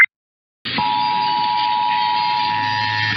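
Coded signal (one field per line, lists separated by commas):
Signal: Emergency Alert System (SAME) tones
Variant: 853 and 960 Hz attention tone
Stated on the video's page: EAS monthly and weekly tests recorded overnight.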